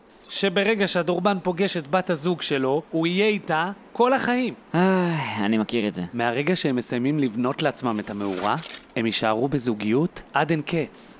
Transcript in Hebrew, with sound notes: שברגע שהדורבן פוגש את בת הזוג שלו – הוא יהיה אתה… כל החיים?!
(נאנח) אני מכיר את זה…
מהרגע שהם מסיימים לבנות לעצמם את המאורה, הם יישארו בזוגיות עד אין קץ.